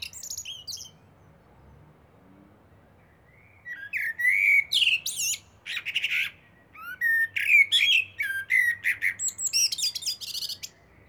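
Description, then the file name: Eurasian blackbird singing: a brief high squeak, then rich mellow warbled phrases mixed with shrill twittering notes, repeating steadily through the second half over a soft low hum. "Turdus merula"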